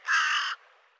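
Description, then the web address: Bird making one short, hoarse, grating call that cuts off abruptly, followed by quiet. "cianscape birddata Deverinetal 2025"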